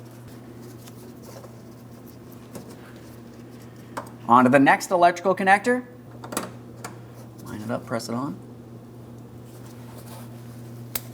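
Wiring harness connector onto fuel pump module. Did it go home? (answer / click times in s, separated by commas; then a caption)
yes / 11.0 s. A second plastic wiring harness electrical connector is lined up and pressed onto the fuel pump module of a 2015-2025 Ford Transit-250 3.7L V6. Someone talks over low background hum, and a few soft handling taps follow. A sharp click at 11.0 s marks the connector seating and locking secure.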